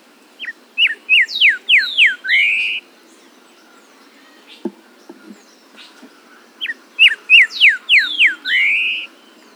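Bird song in two matching phrases, each a quick run of sharp descending whistled notes ending in a longer rising slurred note, separated by a few seconds of soft clicks.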